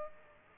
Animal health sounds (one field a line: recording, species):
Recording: mosquito wingbeat signal from an infrared sensor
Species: Aedes aegypti